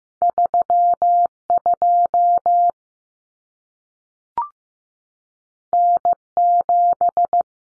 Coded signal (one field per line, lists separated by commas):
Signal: Morse code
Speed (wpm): 15 wpm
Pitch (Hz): 700 Hz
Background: none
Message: 32 N7